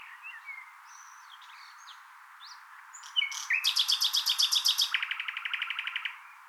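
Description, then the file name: Common nightingale song, soft scattered chirps swelling into a loud, rapid repeated trill that drops to a lower pitch partway through. "Luscinia megarhynchos"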